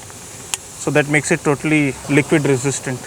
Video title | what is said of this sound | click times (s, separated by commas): 1st Day of Van Life - Bhandardara Hill Station - Suzuki Eeco - Campervan | is that the oil dispenser the top of this thing it it clicks on it clicks into place | 0.5 s